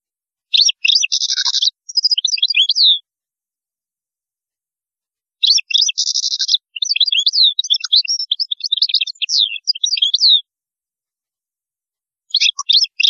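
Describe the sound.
European goldfinch song: repeated phrases opening with a buzzy trill and running into rapid tinkling twitters, separated by brief silences.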